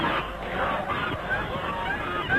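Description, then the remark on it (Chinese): A flock of white geese honks in a dense, overlapping clamor, with loud nasal calls piling on top of each other continuously and no pause, as a bicycle that cannot brake crashes into the flock. “终于冲进了鹅群”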